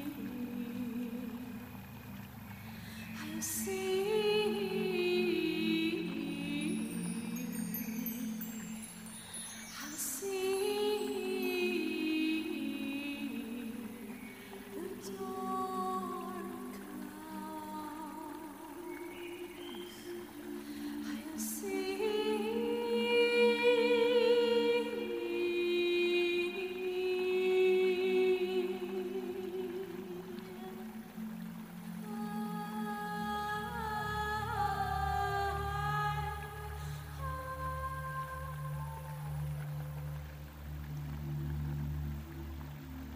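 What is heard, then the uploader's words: Soft humming and singing drift through the whole clip, with gliding, held tones rising and falling in long phrases. Beneath runs a steady low rumble that thickens into a heavier drone after about 33 seconds, with a few faint clicks near the start. Elven village ambience |soft humming&singing. Reading poem. Water flow.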